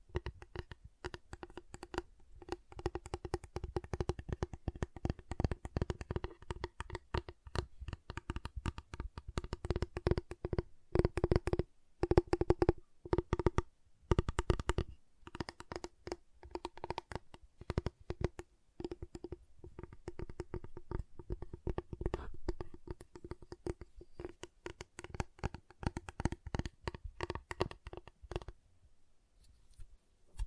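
A giant chocolate bar is tapped and snapped in a dense run of sharp, crisp clicks and cracks that fill nearly the whole clip, with a steady low tone underneath. Brief pauses break the rhythm around 14 and 19 seconds, and everything stops near 28 seconds.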